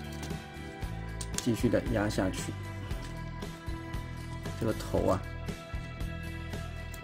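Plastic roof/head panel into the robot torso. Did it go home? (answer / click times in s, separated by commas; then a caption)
no / none. During the transformation of a Transformers Reactivate Deluxe Class Bumblebee toy, the plastic roof/head panel is pressed forward toward the robot torso while someone talks over background music, with a brief sharp handling sound near 1.2 s. The clip ends before the panel goes home; nothing has seated or clicked yet.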